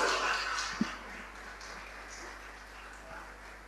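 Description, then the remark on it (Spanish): A church audience applauding older church members aged over 60, a dense, steady wash of many hands clapping at once, fairly soft and easing off slightly toward the end, with no voices over it. “Fuerte ese aplauso, fuerte, fuerte, fuerte.”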